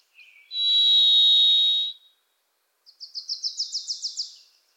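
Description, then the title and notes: Varied thrush delivering one long, even, buzzy whistle, followed by a rapid run of several sharp chattering notes from a second songbird. Pacific Northwest forest; a Wilson's Warbler sings alongside; unmastered recording. "The Varied Thrush, Ixoreus naevius, is a wisp in the forests of the Pacific Northwest."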